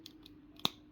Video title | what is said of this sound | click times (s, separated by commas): Transformers: Generation One Constructicons | so you sort of pull it sort of pull it out and then push it up till it clicks | 0.6 s